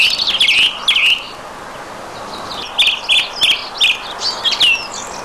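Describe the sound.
Song thrush song: brief loud whistled phrases, a pause, then a run of short ringing notes, each phrase delivered separately and crisply.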